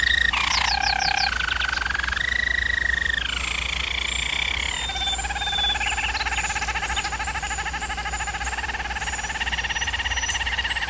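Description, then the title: German Roller canary delivering unbroken rolling song, with quick flourishes early, then smooth tours that slide downward and settle into a steady pulsed roll. Used for canary training. "German Roller Canary Singing - Canary Training Vid"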